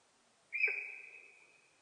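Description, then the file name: Sika deer whistle call: a single loud, abrupt whistle held on one pitch, tapering off over about a second. Recorded in Japan on 4 November 2006. "061104 nihonjika"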